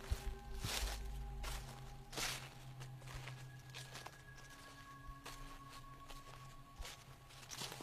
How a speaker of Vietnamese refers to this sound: Nó ngồi dậy áp sát tai vào cánh cửa sổ, nghe cho rõ hơn. Âm thanh ở bên ngoài cứ như ai đó đang bước chân dẫm lên trên nền lá khô vậy.